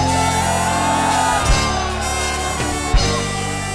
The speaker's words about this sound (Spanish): ¡Grito de júbilo!